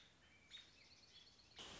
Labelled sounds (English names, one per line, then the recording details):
American Robin
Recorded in Sonoma County, California